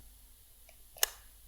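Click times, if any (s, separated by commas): 1.0 s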